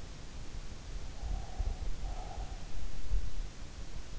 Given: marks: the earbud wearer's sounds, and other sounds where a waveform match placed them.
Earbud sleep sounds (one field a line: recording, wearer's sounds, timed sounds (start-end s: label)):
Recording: sounds in sleep by an in-ear microphone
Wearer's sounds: breath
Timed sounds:
0.91-3.17 s: breath